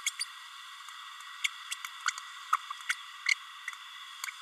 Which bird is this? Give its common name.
Green-rumped Parrotlet